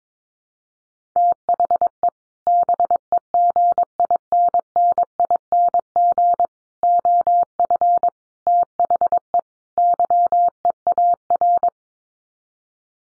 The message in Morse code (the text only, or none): THE BEGINNING OF THE YEAR